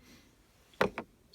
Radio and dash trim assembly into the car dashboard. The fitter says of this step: now just press it in there. You can hear the click.